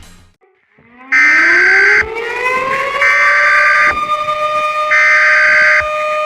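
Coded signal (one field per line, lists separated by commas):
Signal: Emergency Alert System (SAME) tones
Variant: header bursts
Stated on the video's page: Joke fictional EAS scenario, not a real alert.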